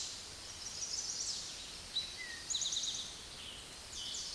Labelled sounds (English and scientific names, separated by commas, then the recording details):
Eastern Towhee (Pipilo erythrophthalmus) song
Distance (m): 40 m
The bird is about level with the microphone
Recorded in a Pennsylvania forest on 16 May 2024 at 06:13
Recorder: AudioMoth, point MSD-0475
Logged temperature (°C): 12.3 °C
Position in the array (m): 106 m, 7 m